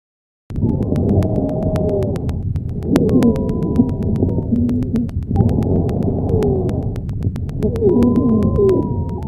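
Several musical whistling tones sound at once through four breath phases, on both inspiration and expiration, with faint clicking in the background, heard over an adult chest. This is a polyphonic wheeze (sibilant): a continuous musical sound with a fundamental frequency above 400 Hz.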